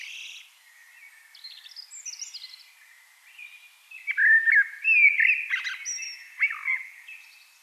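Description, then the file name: Eurasian blackbird singing: faint high twittering builds into a loud, mellow warbling phrase with squeaky high notes, then fades out. "Turdus merula"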